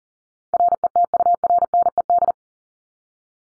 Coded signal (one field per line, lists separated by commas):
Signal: Morse code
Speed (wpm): 40 wpm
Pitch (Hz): 700 Hz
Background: none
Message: RETURNED